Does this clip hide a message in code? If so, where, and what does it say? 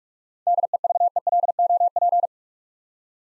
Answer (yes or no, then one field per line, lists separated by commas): yes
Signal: Morse code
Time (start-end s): 0.5-2.3 s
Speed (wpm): 46 wpm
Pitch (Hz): 700 Hz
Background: none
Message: DEVELOP